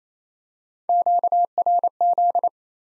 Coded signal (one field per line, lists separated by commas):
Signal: Morse code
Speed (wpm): 27 wpm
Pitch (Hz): 700 Hz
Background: none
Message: QRZ